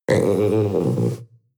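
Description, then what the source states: Panther moan: a single low, rough, harmonic-rich groan lasting about a second, wavering slightly before fading into a brief low tail. Young panther moaning.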